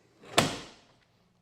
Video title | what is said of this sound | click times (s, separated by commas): Old town autopilot 136 - BUILD Part 1 | and you should hear it click | 0.4 s